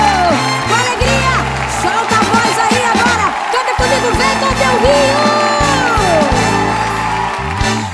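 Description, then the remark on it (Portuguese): A church audience applauds the name of the Lord, cheering loudly and continuously, with whoops and raised voices over steady clapping, while sustained keyboard and bass notes play underneath throughout. “A igreja aplaudindo o nome do Senhor.”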